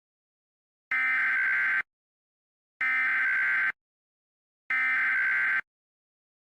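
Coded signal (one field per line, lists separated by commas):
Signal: Emergency Alert System (SAME) tones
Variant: header bursts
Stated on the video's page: Fictional scenario using valid SAME tones and an attention tone from other recordings.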